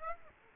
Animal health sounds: mosquito wingbeat signal from an infrared sensor; Aedes aegypti

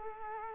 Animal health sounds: mosquito wingbeat signal from an infrared sensor; Culex quinquefasciatus

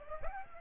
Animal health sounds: mosquito wingbeat signal from an infrared sensor; Aedes aegypti

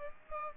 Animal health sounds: mosquito wingbeat signal from an infrared sensor; Aedes aegypti

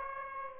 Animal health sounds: mosquito wingbeat signal from an infrared sensor; Aedes aegypti

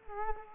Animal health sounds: mosquito wingbeat signal from an infrared sensor; Culex quinquefasciatus

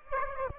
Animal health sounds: mosquito wingbeat signal from an infrared sensor; Aedes aegypti

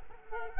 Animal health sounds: mosquito wingbeat signal from an infrared sensor; Culex quinquefasciatus

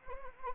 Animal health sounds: mosquito wingbeat signal from an infrared sensor; Anopheles arabiensis

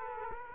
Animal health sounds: mosquito wingbeat signal from an infrared sensor; Culex quinquefasciatus

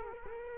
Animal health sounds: mosquito wingbeat signal from an infrared sensor; Culex quinquefasciatus

